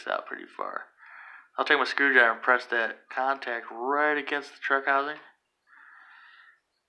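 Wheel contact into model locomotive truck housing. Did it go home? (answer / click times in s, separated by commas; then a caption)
no / none. A screwdriver is used to press a metal wheel contact against the plastic truck housing of an N scale model locomotive while someone talks. Soft scraping handling noises come between the words, and the contact has not seated or clicked yet.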